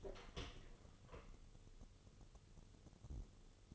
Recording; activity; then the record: daily activity, microphone in the room; open door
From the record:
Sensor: 4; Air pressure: 1016.0 hPa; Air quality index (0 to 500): 197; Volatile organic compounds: 10 ppm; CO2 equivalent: 2249 ppm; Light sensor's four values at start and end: 9/20/8/7 and 9/20/8/7